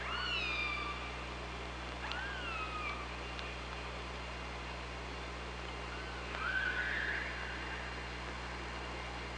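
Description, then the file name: Killer whale calls in a series: two descending harmonic calls early, then a sharply rising call later, with faint clicks under a steady low droning hum. Recorded on an OrcaLab hydrophone on 24 August 2017. "Orca Lab 20170824"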